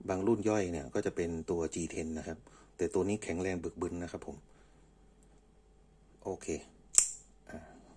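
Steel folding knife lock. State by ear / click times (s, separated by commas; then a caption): seated / 7.0 s. Someone talks, then the stainless steel blade of a SOG Aegis FL folding knife is swung open into its locked open position in the stainless steel handle, and the lock engages with a sharp snap at 7.0 seconds. The blade is seated and locked open.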